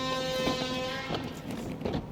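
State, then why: Not seated. The toilet cassette service door on the exterior of a Nexus caravan body is handled as it is being closed, but its latch has not clicked shut yet. A steady, humming tonal background runs throughout, with a few soft handling knocks, the strongest a brief bump at about 1.9 s.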